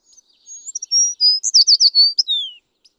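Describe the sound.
American tree sparrow song: a few thin, high introductory notes, then a rapid burst of sweet slurred chips ending in a drawn-out downward whistle.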